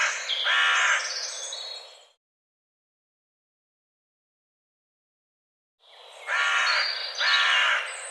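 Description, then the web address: Bird call, a harsh grating note trailing off, several seconds of silence, then two more raspy calls in a row. "cianscape birddata Deverinetal"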